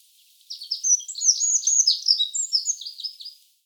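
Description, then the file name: Eurasian wren song, one vigorous burst of quick high trills and chattering notes lasting about three seconds, then silence. "Troglodytes troglodytes"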